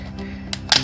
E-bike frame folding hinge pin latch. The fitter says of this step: and it snaps right into place ni so it's together